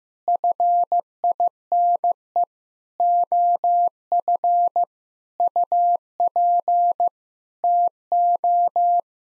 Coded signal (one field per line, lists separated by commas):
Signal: Morse code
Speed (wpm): 15 wpm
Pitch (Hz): 700 Hz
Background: none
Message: FINE OF UP TO